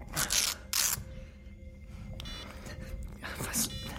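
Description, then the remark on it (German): A camera being handled and set up: two sharp rustling scrapes, a stretch of quieter fumbling with faint clicks and low rumble, then another brief scraping burst near the end. “Was wird das? Wozu die Kamera?”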